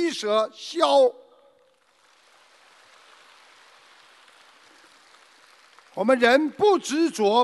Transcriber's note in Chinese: 掌声